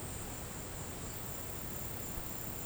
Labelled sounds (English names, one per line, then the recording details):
none
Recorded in pastures near Puerto Asís, Putumayo, Colombia, on 19 March 2025 at 16:00
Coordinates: 0.472, -76.329
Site G074